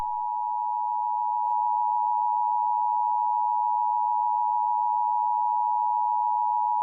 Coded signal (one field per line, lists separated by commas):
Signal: Emergency Alert System (SAME) tones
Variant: 853 and 960 Hz attention tone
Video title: EAS Scenario: Kidsco Shutdown